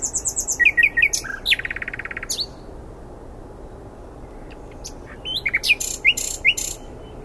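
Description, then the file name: Common nightingale song, opening with a quick series of repeated notes, then a buzzy rattling trill, a silent gap, and another phrase of varied whistles and repeated chirps. "Luscinia megarhynchos"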